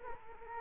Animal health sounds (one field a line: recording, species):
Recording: mosquito wingbeat signal from an infrared sensor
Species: Culex quinquefasciatus